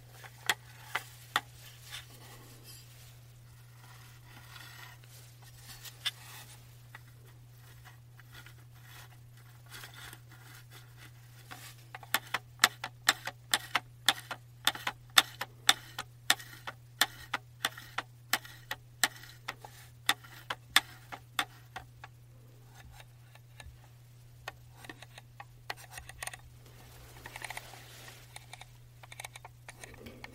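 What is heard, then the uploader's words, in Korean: A trackball mouse clicks in sharp, dry ticks over a steady low hum. The clicks start sparse, thicken into a quick, irregular run from about 12 to 22 seconds, then thin out again toward the end. ASMR 듣기 좋은 트랙볼 마우스 소리.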